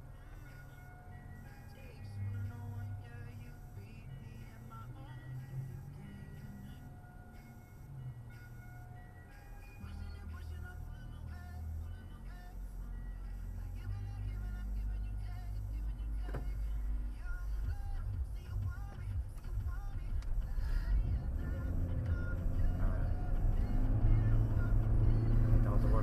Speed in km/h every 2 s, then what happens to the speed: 0, 0, 0, 0, 0, 0, 0, 0, 0, 0, 5, 19, 35.
0-19 standing. 19-26 pulls away to 35.